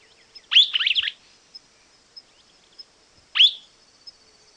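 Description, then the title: Streaked flycatcher calls, a squeaky, buzzy cluster of downslurred notes followed by a single short squeak about three seconds later, over a faint steady high hum. Subspecies solitarius. "LuckyPassaro Completos2Sama. Streaked Flycatcher"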